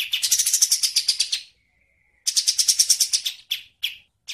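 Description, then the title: Bird song: rapid bright chirp series, a faint thin whistle in the pause, another fast chirp run, then a few separate sharp notes. Songbird sounds used for training songbirds, a style called masteran. "Suara masteran Burung"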